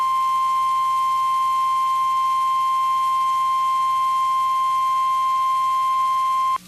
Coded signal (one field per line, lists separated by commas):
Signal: Emergency Alert System (SAME) tones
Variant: 1050 Hz attention tone